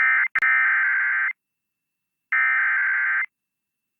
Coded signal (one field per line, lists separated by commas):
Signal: Emergency Alert System (SAME) tones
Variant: header bursts